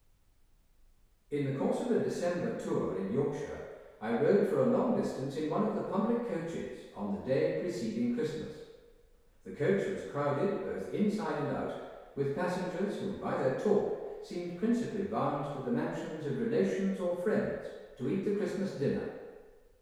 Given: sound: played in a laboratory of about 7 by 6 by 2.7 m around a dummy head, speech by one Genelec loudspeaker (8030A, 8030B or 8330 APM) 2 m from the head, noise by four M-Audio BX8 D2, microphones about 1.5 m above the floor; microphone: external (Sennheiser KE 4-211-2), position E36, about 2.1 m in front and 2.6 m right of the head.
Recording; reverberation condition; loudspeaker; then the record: male speech in English; high; 60 degrees to the left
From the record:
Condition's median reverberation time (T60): about 1300 ms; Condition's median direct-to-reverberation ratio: about -4.0 dB